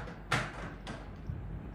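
A plastic food processor bowl is twisted onto the Philips food processor's motor base until it locks. A sharp click at 0.3 s marks the lock engaging, followed by a softer knock around 0.9 s. The bowl is seated and locked on the base.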